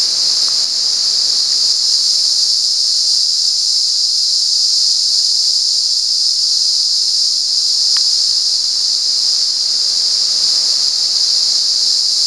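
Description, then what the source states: Cicada song as an unbroken shrill whine at steady volume, with a couple of brief clicks. At San Ramon.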